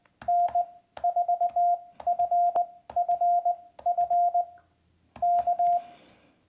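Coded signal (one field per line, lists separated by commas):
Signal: Morse code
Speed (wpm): 19 wpm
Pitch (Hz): 700 Hz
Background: none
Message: N4FFF K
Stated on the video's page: Morse sent through VBand in a browser or phone, optionally with own key via VBand USB interface, for practicing on-air exchanges when bands are bad.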